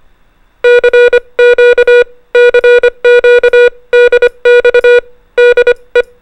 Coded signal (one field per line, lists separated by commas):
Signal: Morse code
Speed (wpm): 25 wpm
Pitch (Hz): 1460 Hz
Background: music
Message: CQ CQ DX DE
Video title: Ham Radio Basics : Time and Zones You Need To Know | QTH/Location Identifier (Tagalog/English)